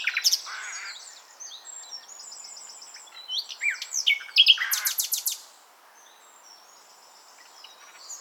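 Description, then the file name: Common nightingale song: sharp notes and whistles building to a loud run of rapid repeated notes, then quiet with faint background sounds. "Luscinia megarhynchos"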